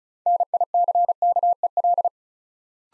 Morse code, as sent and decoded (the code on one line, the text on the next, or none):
-. .. -.-. -.- . .-..
NICKEL